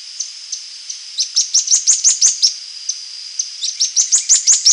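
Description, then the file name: Bird calls, high thin chirps in quick bursts of several notes, each note dropping sharply, with scattered single notes between, over a steady high tone in the background. "SABIOD 50 bird 2015"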